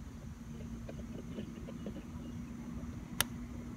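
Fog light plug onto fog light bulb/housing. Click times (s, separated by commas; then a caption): 3.2 s. A wiring plug is slid onto a new Silverstar Ultra fog light bulb/housing and pushed until it clicks into place, seating at 3.2 s with a single sharp, bright snap. Before the click, faint soft ticks and rustles sit over a steady low hum.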